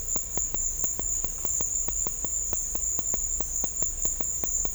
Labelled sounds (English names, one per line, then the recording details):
none
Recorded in dense forest near Puerto Asís, Putumayo, Colombia, on 18 December 2024 at 14:30
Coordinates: 0.500, -76.322
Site G053